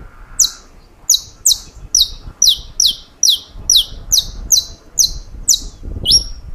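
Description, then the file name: Saffron finch song: a steady run of a dozen or more bright, sharp chirps, each sliding downward, spaced roughly half a second apart over quiet background hiss. "Canto-do-Canário-da-Terra"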